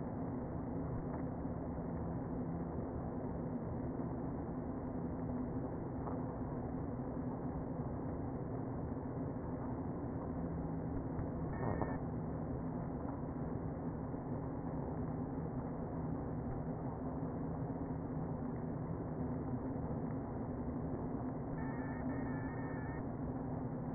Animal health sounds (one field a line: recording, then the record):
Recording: honeybee colony, microphone inside the hive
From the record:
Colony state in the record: queen present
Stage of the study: before two queens were removed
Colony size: about 60,000 bees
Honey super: yes